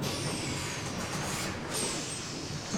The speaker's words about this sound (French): D'ailleurs, revenons tout de suite à Montgomery, car ça y est, tu entends ? Oh ! Son bus vient enfin d'arriver, et c'est tant mieux, parce que je crois qu'elle a sacrément mal aux pieds.